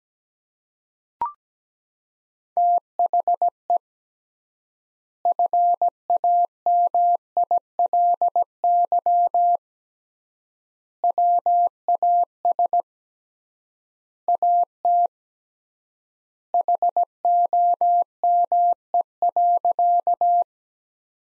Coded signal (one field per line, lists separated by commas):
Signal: Morse code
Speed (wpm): 17 wpm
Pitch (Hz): 700 Hz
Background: none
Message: THE FAMILY WAS AT HOME.